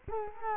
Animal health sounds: mosquito wingbeat signal from an infrared sensor; Culex quinquefasciatus

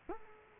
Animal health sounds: mosquito wingbeat signal from an infrared sensor; Culex quinquefasciatus

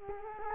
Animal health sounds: mosquito wingbeat signal from an infrared sensor; Culex quinquefasciatus

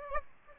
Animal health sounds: mosquito wingbeat signal from an infrared sensor; Aedes aegypti

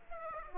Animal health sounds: mosquito wingbeat signal from an infrared sensor; Aedes aegypti

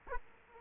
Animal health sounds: mosquito wingbeat signal from an infrared sensor; Aedes aegypti

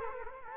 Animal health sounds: mosquito wingbeat signal from an infrared sensor; Culex quinquefasciatus

